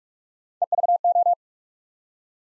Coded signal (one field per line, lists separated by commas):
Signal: Morse code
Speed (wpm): 44 wpm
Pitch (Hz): 700 Hz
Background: none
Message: EVO